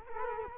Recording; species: mosquito wingbeat signal from an infrared sensor; Culex quinquefasciatus